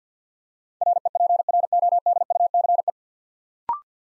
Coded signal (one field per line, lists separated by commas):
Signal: Morse code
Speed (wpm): 50 wpm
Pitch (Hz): 700 Hz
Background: none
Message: REPRODUCE